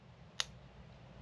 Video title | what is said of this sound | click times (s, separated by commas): How to Install Anderson Connectors - Crazy Carts by TAXI GARAGE | push this there and here you go you can hear the click | 0.4 s